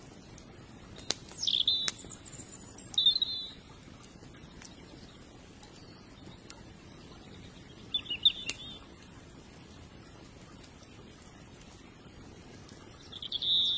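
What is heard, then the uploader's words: Birdsong comes in short bright bursts, a few high chirps at about two, three, eight and fourteen seconds, with quiet gaps between. Underneath runs a soft, steady low rumble, like water, with a few faint clicks scattered through. Surrounded by the fire and the healing birdsong by the gentle river.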